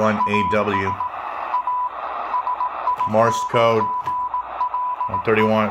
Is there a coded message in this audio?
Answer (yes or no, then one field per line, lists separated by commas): yes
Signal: Morse code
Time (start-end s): 0.2-5.5 s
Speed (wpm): 18 wpm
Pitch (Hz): 990 Hz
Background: speech, radio noise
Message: AS A SINGLE